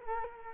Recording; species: mosquito wingbeat signal from an infrared sensor; Culex quinquefasciatus